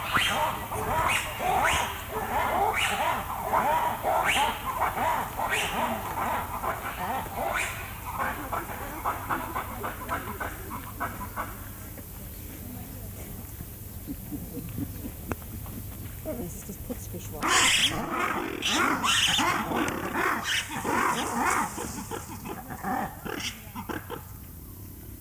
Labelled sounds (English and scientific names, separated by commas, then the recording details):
Black-and-white Ruffed Lemur (Varecia variegata) call
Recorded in captivity
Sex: group
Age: adult
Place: Tierpark Berlin, Berlin, DE
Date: 2008-08-21 15:35
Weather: 24°C
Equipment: Sony WM-D6C, Sennheiser ME 80, Kopie Uher 4000 Report Monitor
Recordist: Tembrock, Günter